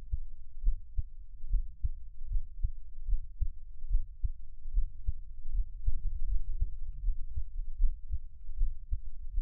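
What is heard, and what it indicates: Soft, steady low thumps of an adult's heartbeat, about 76 beats a minute, heard close up in a Taiwanese ASMR piece with no talking.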